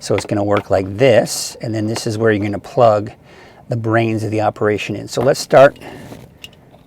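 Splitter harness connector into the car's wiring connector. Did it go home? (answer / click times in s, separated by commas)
yes / 6.4 s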